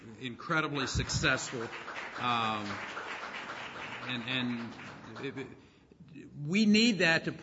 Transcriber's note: applause